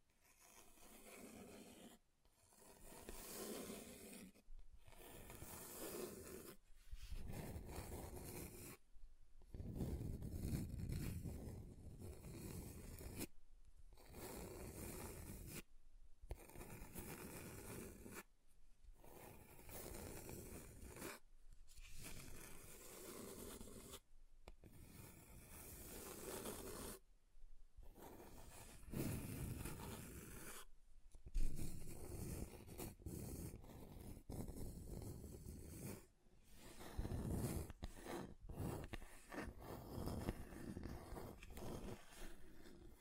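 Scratching on a table across different surfaces, in a series of rough, rasping strokes that fill the whole range from low to bright. The strokes come in bursts of a few seconds, separated by brief silent breaks roughly every two to four seconds.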